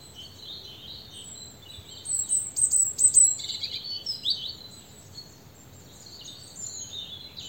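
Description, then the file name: European robin song: thin, high warbled phrases with sharp whistled notes and trills, strongest in the middle, over a faint steady hiss. "Erithacus rubecula"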